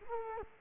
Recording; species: mosquito wingbeat signal from an infrared sensor; Culex quinquefasciatus